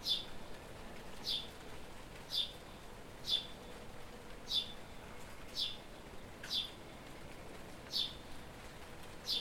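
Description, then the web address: House sparrow giving a steady series of about ten short, sharp chirps, roughly one per second, each a quick high downslur, with quiet hiss behind. "pub SETE data Passer domesticus"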